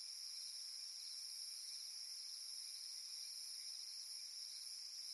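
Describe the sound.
Cicada song, an even, sustained high whine with a hissing texture, steady from start to finish.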